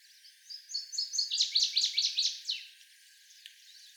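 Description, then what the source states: Northern waterthrush delivering one song: clear repeated notes building into a rapid, loud string of downward-slurred whistles before fading out, with a faint click near the end. 17 songs.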